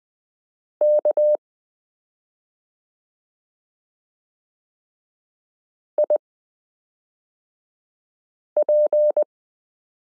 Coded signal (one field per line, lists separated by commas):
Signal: Morse code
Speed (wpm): 20 wpm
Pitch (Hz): 600 Hz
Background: none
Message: K IP